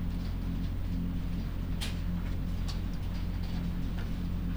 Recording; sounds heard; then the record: poultry house recording; sick chickens (respiratory disease)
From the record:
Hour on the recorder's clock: 3